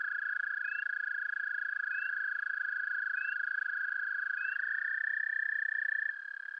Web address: Wildlife Identification By Sound, Eastern North America Pt 1. American Toad